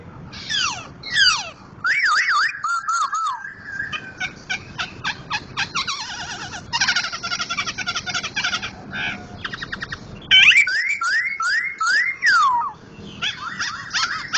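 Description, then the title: White-crested laughingthrush song: sweeping whistled notes, then a long dense stretch of fast harsh chattering, followed by clear rising and falling whistles. Sumatran form, loud-voiced, a national-level contest champion. "Poksay Hongkong gacor mantab (Gathutkaca)"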